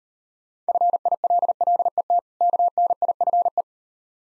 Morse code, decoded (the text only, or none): FILLET KNIFE